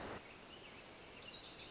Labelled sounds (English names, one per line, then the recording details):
Wilson's Warbler
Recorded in Sonoma County, California